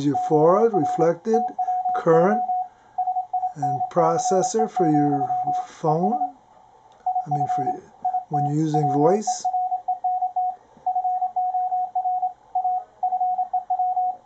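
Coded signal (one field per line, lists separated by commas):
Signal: Morse code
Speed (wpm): 26 wpm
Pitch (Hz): 730 Hz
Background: speech, radio noise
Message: OR TWO SINCE, ES IF IT WERENT FOR A FEW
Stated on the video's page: CW from a Ten-Tec Paragon 585 transceiver during a zero-beat demonstration.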